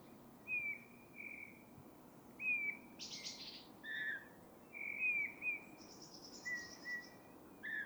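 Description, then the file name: Eurasian bullfinch piping calls, soft level whistles repeated every second or so, with a brief buzzy burst and a higher chattering note from other sounds. "Pyrrhula pyrrhula"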